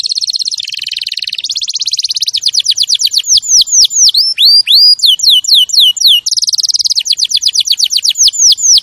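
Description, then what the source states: Canary in full song, starting with a steady rapid trill, moving into looping swooping whistles, then returning briefly to a fast dense roll of notes before more swooping notes. Champion canary master song used for training other birds.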